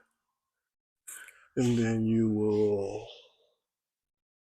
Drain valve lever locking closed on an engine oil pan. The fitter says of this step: make sure you turn all the way until you hear the click